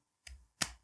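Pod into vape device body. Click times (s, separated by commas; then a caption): 0.6 s. A filled pod is put onto a Vaporesso Gen Air 40 vape device body and pushed down. A softer contact sound comes at 0.3 s, and then a sharp, louder click at 0.6 s as the pod clicks into place, seated.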